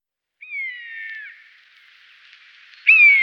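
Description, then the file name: Common buzzard giving a drawn-out, mewing scream that falls slightly in pitch over nearly a second, with a fading tail, then a second call starting at the end. "Poiana"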